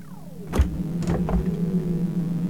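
A refrigerator door unlatches and swings open as Herr Bocic opens it, with a few soft clunks and rattles, while a steady low electrical hum drones underneath throughout.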